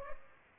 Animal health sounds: mosquito wingbeat signal from an infrared sensor; Culex pipiens

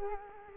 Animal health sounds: mosquito wingbeat signal from an infrared sensor; Culex quinquefasciatus

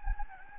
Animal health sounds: mosquito wingbeat signal from an infrared sensor; Anopheles gambiae

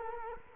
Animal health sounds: mosquito wingbeat signal from an infrared sensor; Culex quinquefasciatus

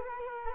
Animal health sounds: mosquito wingbeat signal from an infrared sensor; Culex quinquefasciatus

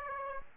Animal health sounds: mosquito wingbeat signal from an infrared sensor; Aedes aegypti

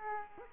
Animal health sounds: mosquito wingbeat signal from an infrared sensor; Aedes aegypti

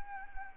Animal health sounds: mosquito wingbeat signal from an infrared sensor; Anopheles arabiensis

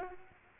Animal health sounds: mosquito wingbeat signal from an infrared sensor; Aedes albopictus

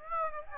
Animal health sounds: mosquito wingbeat signal from an infrared sensor; Aedes aegypti

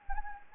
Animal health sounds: mosquito wingbeat signal from an infrared sensor; Anopheles gambiae

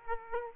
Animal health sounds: mosquito wingbeat signal from an infrared sensor; Aedes aegypti

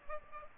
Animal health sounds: mosquito wingbeat signal from an infrared sensor; Aedes aegypti

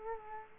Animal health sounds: mosquito wingbeat signal from an infrared sensor; Culex quinquefasciatus

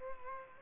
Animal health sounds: mosquito wingbeat signal from an infrared sensor; Culex quinquefasciatus

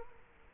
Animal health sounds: mosquito wingbeat signal from an infrared sensor; Culex quinquefasciatus

